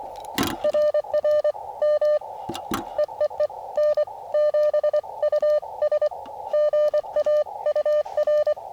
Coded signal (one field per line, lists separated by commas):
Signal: Morse code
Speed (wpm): 24 wpm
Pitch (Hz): 600 Hz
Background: radio noise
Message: RR M EEE N7US GA UR